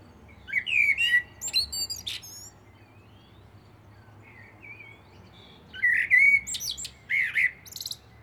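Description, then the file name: Common blackbird gives two song phrases with a pause between. Each has low warbled whistles followed by high, chattering squeaks. "Turdus merula"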